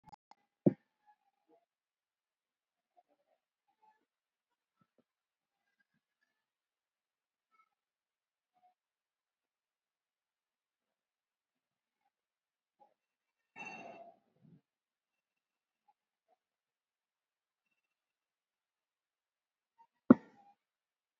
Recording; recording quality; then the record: shallow breathing; poor, much background noise or distortion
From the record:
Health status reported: COVID-19 positive, moderate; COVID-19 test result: positive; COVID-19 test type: RT-PCR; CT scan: not taken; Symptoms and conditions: fever, diabetes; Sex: female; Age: 52 years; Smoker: no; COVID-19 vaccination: one dose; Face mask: worn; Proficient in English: yes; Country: India